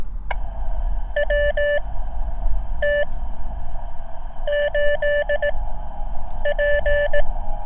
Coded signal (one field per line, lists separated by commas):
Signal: Morse code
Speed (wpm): 18 wpm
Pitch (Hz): 580 Hz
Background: none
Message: WT8P